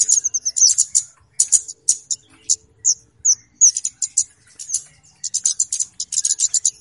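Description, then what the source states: Flowerpecker calls: bursts of very high, thin ticking chips, with short pauses between clusters and a few brief higher whistled notes. Clear calls used as a lure for catching birds; Indonesian names kemade and cabe-cabean.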